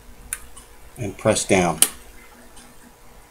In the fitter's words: did you hear that snap